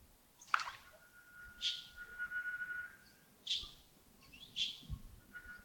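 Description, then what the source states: Bird calls: a long steady whistled tone held for seconds, alongside short sharp high chirps repeated about once a second. Early morning, Yagongding, 28 December 2025, around 07:40.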